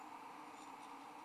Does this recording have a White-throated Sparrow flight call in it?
no